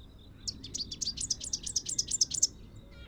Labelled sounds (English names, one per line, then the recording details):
Rufous-capped Warbler song
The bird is a female
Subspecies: rufifrons
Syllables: 19
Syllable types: 6
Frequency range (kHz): 2.7-9.9 kHz
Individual YA-BSN-F